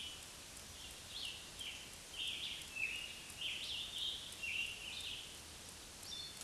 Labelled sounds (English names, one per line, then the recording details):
Scarlet Tanager song
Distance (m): 40 m
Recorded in a Pennsylvania forest on 1 June 2023 at 05:54
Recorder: AudioMoth, point grid3_1_low
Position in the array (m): 131 m, 6 m